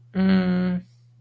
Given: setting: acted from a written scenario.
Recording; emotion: vocal sound without words; disappointment